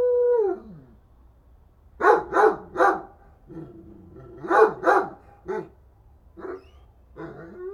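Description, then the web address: Dog whines, then barks in two quick runs of three, followed by a few more scattered barks. "Effects 02-Birds, Insects Animals. Animals dogs"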